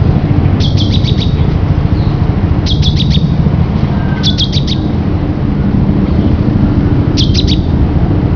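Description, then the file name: Great tit calls: short bursts of several sharp, repeated high notes, every few seconds, over a steady low rumble. "Gtit"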